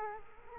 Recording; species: mosquito wingbeat signal from an infrared sensor; Culex quinquefasciatus